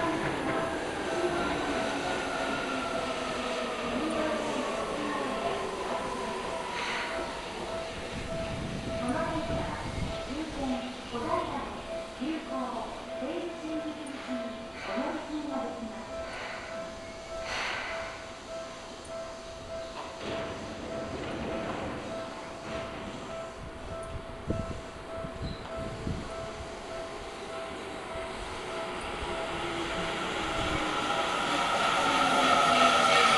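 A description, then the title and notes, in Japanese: Onboard a commuter train: a motor whine slides downward as the car slows, with a steady tone hanging underneath. Voices, likely a station announcement, come through in the middle, punctuated by clunks and rattles, before the hum swells again toward the end. 耳で楽しむ鉄道旅 西武鉄道 本川越→東村山→小川→萩山→青梅街道。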